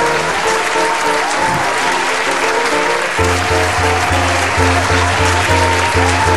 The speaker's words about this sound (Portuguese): Esse é um dos grandes momentos do nosso programa, quando todo o público aqui em volta de nós aplaude, cara.